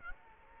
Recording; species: mosquito wingbeat signal from an infrared sensor; Aedes aegypti